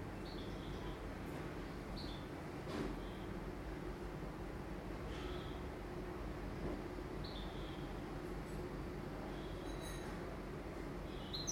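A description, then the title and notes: Sounds from inside a building: a steady, dense low rumble and hum runs unbroken through the whole clip, like machinery or appliances running. Short, faint bird chirps sit high above it every couple of seconds, with a brief knock near the three-second mark. Sounds from inside the buildings.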